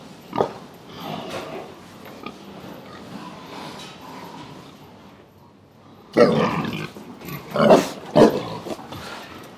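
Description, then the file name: Pig grunts, a short sharp grunt near the start, a quieter stretch of low muttering, then a loud burst of harsh grunts in the last few seconds. Pigs on an intensive pig farm in Texas, USA. "felix blume animals pigs farm intensive texas usa"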